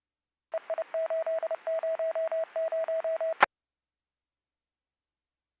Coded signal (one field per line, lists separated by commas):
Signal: Morse code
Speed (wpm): 30 wpm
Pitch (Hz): 650 Hz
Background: radio noise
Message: EI800